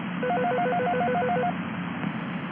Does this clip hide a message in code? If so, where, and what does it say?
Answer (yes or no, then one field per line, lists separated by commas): no